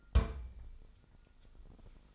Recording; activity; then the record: daily activity, microphone in the room; place on stove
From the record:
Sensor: 5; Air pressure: 999.4 hPa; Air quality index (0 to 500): 224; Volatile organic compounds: 22 ppm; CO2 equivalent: 2742 ppm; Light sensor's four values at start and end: 30/67/28/27 and 30/68/28/28